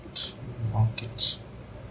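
After an NVMe SSD is fitted, the plastic bottom cover of a laptop is handled and pressed down along its edges so its snap-fit clips will lock into the chassis. Brief high hissy bursts near 0.2 s and 1.3 s sit over a low hum while someone talks. Nothing has seated or clicked yet.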